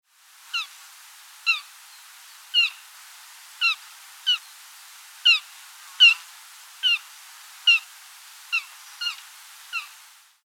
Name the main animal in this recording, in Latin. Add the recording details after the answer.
Capreolus capreolus. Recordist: Tembrock, Günter. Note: Fiepen eines Schmalrehes